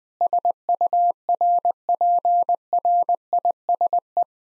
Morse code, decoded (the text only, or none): SURPRISE